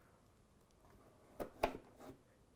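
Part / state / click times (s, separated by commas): cardboard flap on shoebox lid into oval hole in box / seated / 1.6 s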